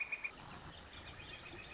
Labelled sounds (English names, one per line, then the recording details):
Northern Flicker
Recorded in Sonoma County, California